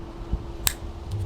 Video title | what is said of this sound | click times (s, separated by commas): The Best Creator Mic Under £100?! - NEEWER CM28 PRO Review | So, um yeah, there you go. You can you can hear that click. | 0.7 s